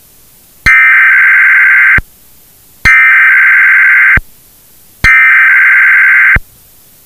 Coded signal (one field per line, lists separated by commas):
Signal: Emergency Alert System (SAME) tones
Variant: header bursts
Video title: Emergency Alert System in Heat Map